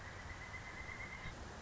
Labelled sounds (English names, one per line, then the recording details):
Pileated Woodpecker
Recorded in Sonoma County, California